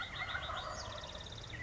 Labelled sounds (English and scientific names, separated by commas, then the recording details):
Wild Turkey (Meleagris gallopavo)
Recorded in Sonoma County, California